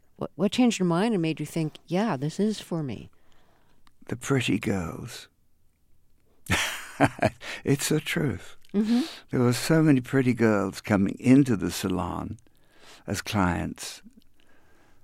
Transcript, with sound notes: What changed your mind and made you think, yeah, this is for me?
The pretty girls.
(SOUNDBITE OF LAUGHTER)
It's the truth.
Mm-hmm.
There were so many pretty girls coming into the salon as clients,